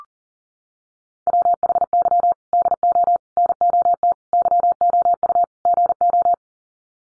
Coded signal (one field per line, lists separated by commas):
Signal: Morse code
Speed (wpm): 40 wpm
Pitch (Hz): 700 Hz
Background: none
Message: WHY DO NOT YOU GO